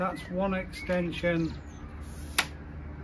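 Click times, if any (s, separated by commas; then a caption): 2.4 s. Someone talks as a telescopic leg on a Maver MV-R X2 Double Pole Roller is pulled out to its second extension stop. At 2.4 s the spring button gives a single sharp click as the leg section locks into place.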